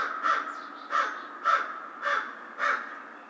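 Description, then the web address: American crow producing five short harsh caws at a steady pace, a faint high chirp briefly audible. Recorded 2 March 2010. "Crow 2010 03 02 American Crow"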